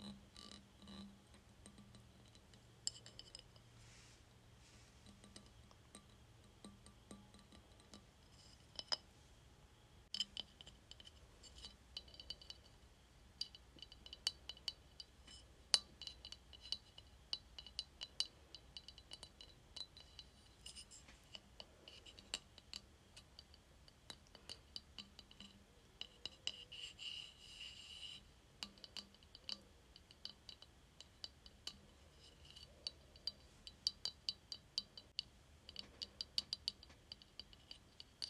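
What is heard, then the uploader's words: Light taps on a glass container sound as sharp bright clinks scattered irregularly throughout, sparse early on and busier after about ten seconds. Soft scraping and rubbing sounds mix in between taps, over a faint low hum. ASMR Tapping Glass Container.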